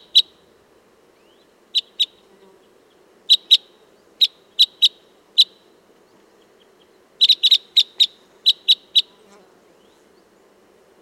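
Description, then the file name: Red crossbill flight calls: hard, dry chip notes given singly, in pairs and in short bursts, with a denser run of notes later on. Type 10 flight calls. "Red Crossbill Type N 10-FCs"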